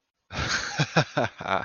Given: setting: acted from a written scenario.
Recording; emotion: vocal sound without words; amusement